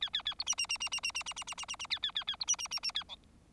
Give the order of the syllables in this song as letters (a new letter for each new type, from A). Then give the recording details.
A A A B C C C C C C C C C C C C C A A A A B C C C C A D. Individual Bird4